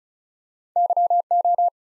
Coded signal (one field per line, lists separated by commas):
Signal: Morse code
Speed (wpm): 36 wpm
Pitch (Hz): 700 Hz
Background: none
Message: YO